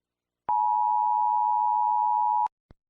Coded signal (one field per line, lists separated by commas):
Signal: Emergency Alert System (SAME) tones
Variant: 853 and 960 Hz attention tone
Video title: EAS Scenario - The Deadly Big One (Part 3)